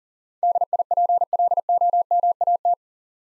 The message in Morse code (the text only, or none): DIPLOMAT